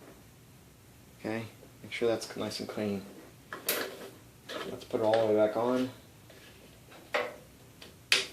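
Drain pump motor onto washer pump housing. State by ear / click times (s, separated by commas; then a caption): seated / 8.1 s. Someone talks while a drain pump motor is pushed and turned back onto the plastic pump housing of a Samsung front-load washer. A sharp, loud click at 8.1 seconds marks the motor locking into place, seated.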